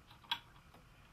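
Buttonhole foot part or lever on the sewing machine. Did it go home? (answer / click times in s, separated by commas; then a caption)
yes / 0.3 s. A part behind the buttonhole foot on a Brother PB6800 combo sewing machine is set and gives a single short, sharp click at 0.3 seconds as it clicks into place, before the buttonhole lever is brought down. The rest of the clip is quiet, and the part is seated.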